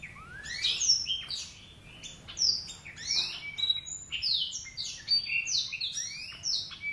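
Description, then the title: Oriental magpie-robin song, a fast, continuous stream of clear whistles, upward slurs and short trills varying note to note. "Kicau Kacer"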